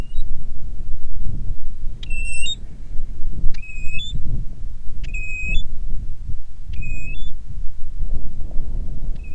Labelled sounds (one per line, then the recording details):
bird
wind
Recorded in the Prudhoe Bay oil fields, Alaska, on 10 July 2019 at 09:49
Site 11